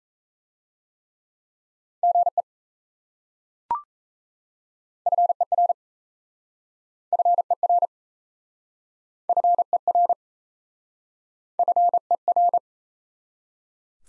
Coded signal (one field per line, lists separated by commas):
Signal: Morse code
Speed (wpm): 36 wpm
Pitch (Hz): 700 Hz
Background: none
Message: GE FER FER FER FER